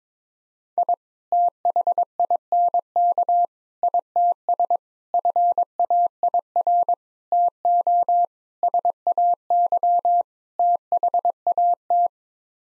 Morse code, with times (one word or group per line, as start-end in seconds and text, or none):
0.8-0.9 I
1.3-3.5 THINK
3.8-4.8 ITS
5.1-6.9 FAIR
7.3-8.3 TO
8.6-10.2 SAY
10.6-12.1 THAT